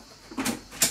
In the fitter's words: Et ça clipse.